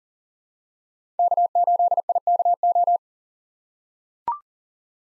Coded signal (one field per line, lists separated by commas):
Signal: Morse code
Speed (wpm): 40 wpm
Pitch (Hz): 700 Hz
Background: none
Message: K8IKO